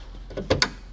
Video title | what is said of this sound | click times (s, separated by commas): Are Prius headlight bulbs hard to replace? | yep click so we are done with that i will return the intake here | 0.5 s, 0.6 s